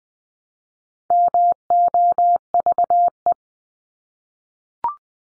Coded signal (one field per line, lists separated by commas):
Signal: Morse code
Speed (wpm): 20 wpm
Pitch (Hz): 700 Hz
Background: none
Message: MOVE